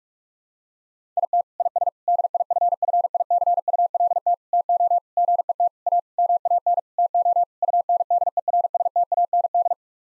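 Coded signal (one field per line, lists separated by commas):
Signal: Morse code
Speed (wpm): 46 wpm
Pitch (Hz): 700 Hz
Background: none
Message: IT IS DIFFICULT TO GET A MAN TO UNDERSTAND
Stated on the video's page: Head-copy practice of nine-word sets sent at 45 wpm, each set sent in Morse code, then spoken, then sent again.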